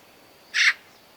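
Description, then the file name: Eurasian magpie: one dry, rasping chack note, abrupt and noisy, then quiet. "Pica pica"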